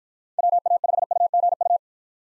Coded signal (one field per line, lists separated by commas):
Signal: Morse code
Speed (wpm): 53 wpm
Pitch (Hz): 700 Hz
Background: none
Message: WA5UGU